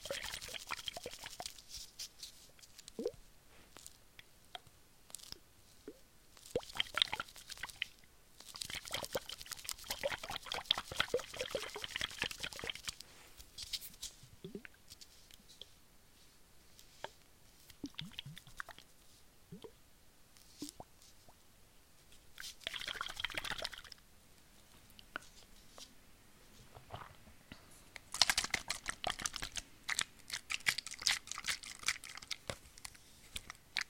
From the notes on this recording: water sounds and whispering